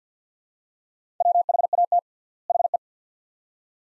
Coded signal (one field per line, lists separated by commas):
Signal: Morse code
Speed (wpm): 50 wpm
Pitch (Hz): 700 Hz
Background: none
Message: WHAT HE